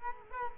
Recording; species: mosquito wingbeat signal from an infrared sensor; Culex quinquefasciatus